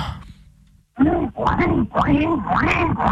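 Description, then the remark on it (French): After a brief quiet moment, a person's voice imitates pig grunts: a loud, rough run of four or five snorting, oinking bursts in quick succession. “Oh, fais le cochon, vas-y, fais le cochon, fais-moi le bruit du cochon.”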